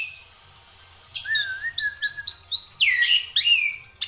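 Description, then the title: Black-winged myna singing a low wavering whistle under a string of rising chirps, building into loud looping whistled phrases. Dense, varied song of a prolific singer, used for training other songbirds (masteran). "Kicauan Rapat Jalak Putih Gacor Banyak Variasi Untuk Masteran"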